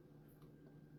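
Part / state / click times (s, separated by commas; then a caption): plastic stick into popsicle mold lid / not seated / none. A small plastic stick is handled against the lid of a filled plastic popsicle mold, which it is meant to clip into. Only a low steady hum and faint light handling noise are heard, with no distinct click. Nothing has seated or clicked yet.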